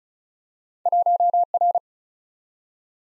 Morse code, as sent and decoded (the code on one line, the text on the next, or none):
.---- .-.
1R